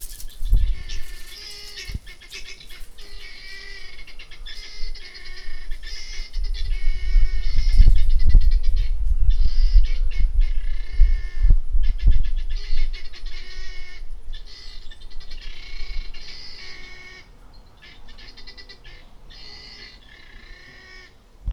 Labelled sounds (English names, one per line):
Helmeted Guineafowl